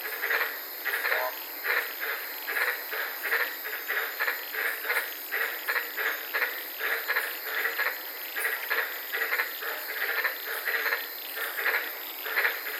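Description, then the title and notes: White-lipped tree frogs calling in a dense chorus, overlapping rapid croaking pulses repeating continuously with a steady high hiss above. Frogs calling at night in the Daintree rainforest, Queensland; heard from inside a parked car. "in the Daintree rainforest in Queensland this night and fell asleep listening to these amazing White lipped frogs"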